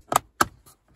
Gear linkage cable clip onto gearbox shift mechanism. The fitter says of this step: this one also clicks into place